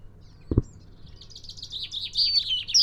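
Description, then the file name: Great tit giving a run of buzzy, rapid chattering notes that grow louder toward the end, after a single low thump near the start. "Parus major"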